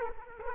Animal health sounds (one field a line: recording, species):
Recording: mosquito wingbeat signal from an infrared sensor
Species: Culex quinquefasciatus